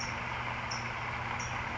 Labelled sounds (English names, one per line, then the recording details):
California Towhee
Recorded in Sonoma County, California